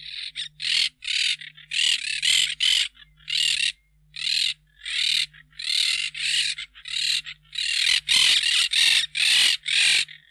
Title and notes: Museo de Ciencias de Bahía Blanca. Cotorra (Myiopsitta monachus)